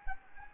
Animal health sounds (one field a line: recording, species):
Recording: mosquito wingbeat signal from an infrared sensor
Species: Anopheles gambiae